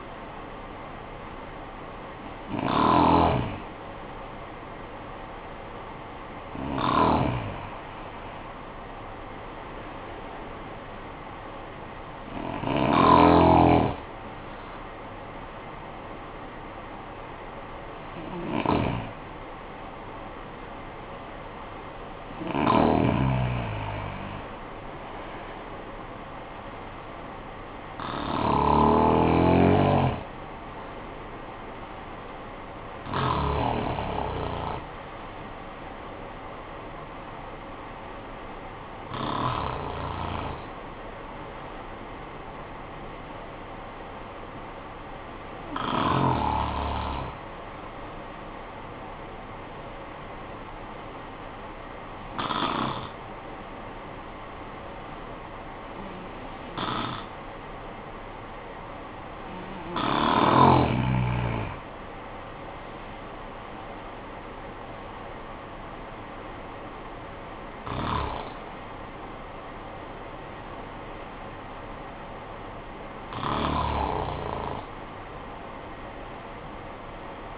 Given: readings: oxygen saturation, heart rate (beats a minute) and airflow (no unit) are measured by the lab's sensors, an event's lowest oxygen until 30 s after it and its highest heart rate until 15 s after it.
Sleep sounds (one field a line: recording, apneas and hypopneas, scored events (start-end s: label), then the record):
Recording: breathing in sleep by a voice recorder at the bedside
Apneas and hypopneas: 1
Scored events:
49.00-62.90 s: hypopnea (N1, oxygen 96% highest, then 89% lowest, heart rate 54 at the start, 77 highest)
From the record:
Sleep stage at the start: N1 (lightest sleep)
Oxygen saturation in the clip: 74 to 96%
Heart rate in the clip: 50 to 77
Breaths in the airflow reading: 15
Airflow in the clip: -12.5 to 12.5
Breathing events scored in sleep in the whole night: 445 in 7.6 hours asleep